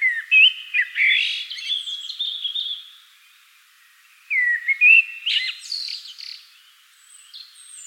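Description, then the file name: Common blackbird song: two warbled phrases, each a rich low whistle followed by a squeaky high flourish, with a silent gap between them. "Turdus merula"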